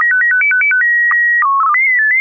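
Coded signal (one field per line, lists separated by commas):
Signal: SSTV (slow-scan television)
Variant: PD 120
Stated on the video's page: SSTV net on a 441.300 MHz FM repeater, Wednesday nights, using MMSSTV.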